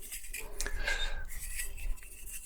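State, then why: Seated. A camera audio adapter is pushed into a plastic holder in a camera cage, with plastic rubbing and handling noise. A sharp snap at 0.6 s marks the adapter seating in the holder, followed by quieter scraping and handling.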